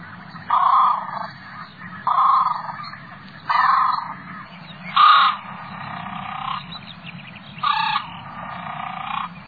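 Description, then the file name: Great crested grebe giving harsh, grating calls, drawn-out and repeated every second or two, with a low rumbling background throughout. "skaggdopp"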